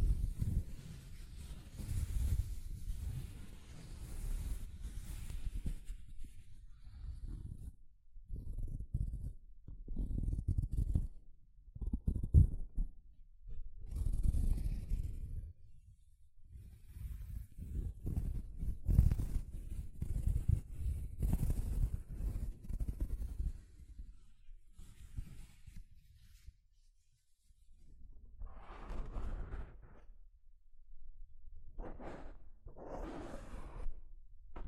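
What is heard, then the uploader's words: Soft fabric brushes against a microphone in uneven strokes, mostly low, muffled rubbing with brief brighter swishes. Bursts come every second or two with short pauses near 8 and 15 seconds, and a quieter stretch around 25 seconds before scratchier brushing returns. ASMR Mic Brushing using Soft Fabric (No Talking).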